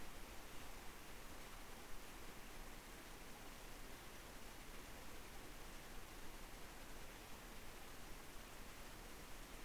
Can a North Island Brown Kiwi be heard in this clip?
no